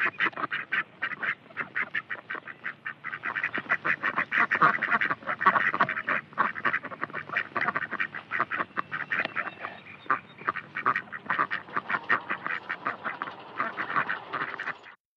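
Ducks quacking in a dense, continuous chorus of rapid, overlapping nasal quacks that runs throughout without pause.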